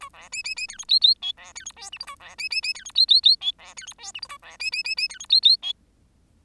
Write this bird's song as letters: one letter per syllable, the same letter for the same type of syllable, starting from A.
A B C C C D E F F G B D E H I J A B C C C D E F F F G B D E H I J A B C C C C D E F F G